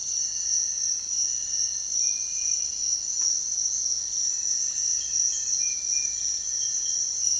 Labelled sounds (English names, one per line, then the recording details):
none
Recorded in dense forest near Puerto Asís, Putumayo, Colombia, on 22 June 2025 at 05:00
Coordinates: 0.468, -76.322
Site GP03